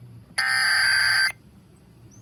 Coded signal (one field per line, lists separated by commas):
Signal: Emergency Alert System (SAME) tones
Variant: header bursts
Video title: New Jersey Required Monthly Test on 4 stations (March 19, 2024) (EAS #1018-#1022)